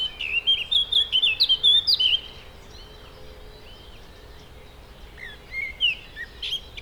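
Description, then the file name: Eurasian blackcap song with a loud, lively warbling phrase over about two seconds, followed by softer, scattered whistled notes. "Sylvia atricapilla"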